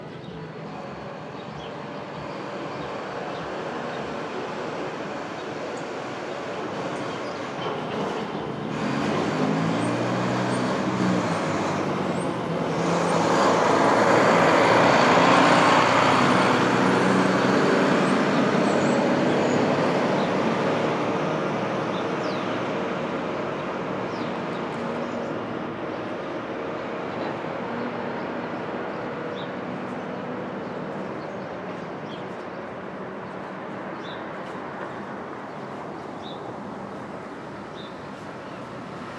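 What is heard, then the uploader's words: Street traffic at dawn, a steady low rumble with a louder vehicle swelling past around the middle, rising from about ten seconds and peaking near fifteen before fading. Around nine to twelve seconds a low wavering tone sweeps through, and the wash settles back to a continuous hum. Brooklyn Dawn. Street Traffic.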